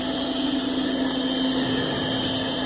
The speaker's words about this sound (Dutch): Je ziet het? Helemaal geen verschil tussen een gewone stofzuiger en dit apparaat dat nu omgebouwd is.